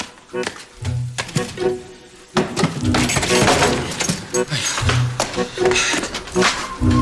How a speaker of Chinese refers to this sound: 开门，他去开门。